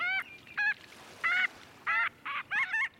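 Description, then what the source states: Marbled Godwit calls: several short, harsh notes spaced apart, the last few coming closer together. Large flock overhead, dropping to a mudflat; on their way north to breed after wintering along the coasts.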